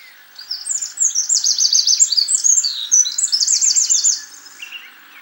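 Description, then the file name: Eurasian wren song: one loud, very high, rapid outpouring of trills and rattling notes lasting about three and a half seconds, over a steady background hum. "Troglodytes troglodytes"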